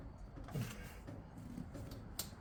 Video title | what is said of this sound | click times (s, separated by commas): Cougar episode II lets make plug wires!! | there he goes did you hear that snap I heard the snap | 2.2 s